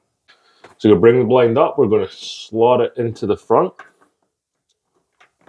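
A cellular window shade's headrail is brought up and slotted into the front lip of its mounting bracket, ahead of being pushed up to click home. Someone talks through most of the clip, followed by a few faint, brief taps near the end. Nothing has clicked or seated yet.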